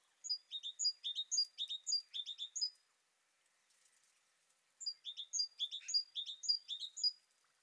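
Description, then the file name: Great tit giving two runs of crisp, high repeated phrases, each falling in pitch, with a quiet gap between them. "Parus major"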